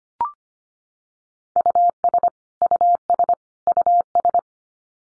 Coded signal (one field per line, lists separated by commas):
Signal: Morse code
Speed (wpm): 25 wpm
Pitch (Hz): 700 Hz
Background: none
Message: US US US